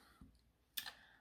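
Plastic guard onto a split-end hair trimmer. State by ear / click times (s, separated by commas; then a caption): seated / 0.8 s. A plastic guard is clipped onto a split-end hair trimmer, and it seats with a short, sharp click at 0.8 s. A faint low thump comes at about 0.2 s, and a second brief click follows at about 0.9 s.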